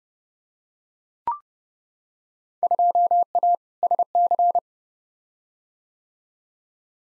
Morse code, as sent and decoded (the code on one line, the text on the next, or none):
..--- .- / ... -.-.
2A SC